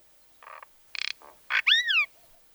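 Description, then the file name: Common myna calling, a few harsh rasping notes and a rapid clicking burst, then a loud whistled note that rises and falls with strong overtones. "mayna golos"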